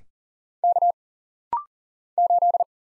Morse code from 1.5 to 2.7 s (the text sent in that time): 8